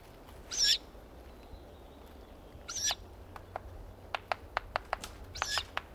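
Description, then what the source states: Ural owl giving three short, raspy, high hissing calls, with a run of sharp dry clicks between the last two. Recorded in May 2008.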